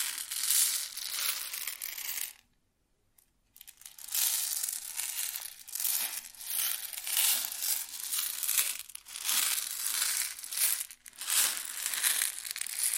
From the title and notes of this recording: ASMR Grain Sounds (No Talking).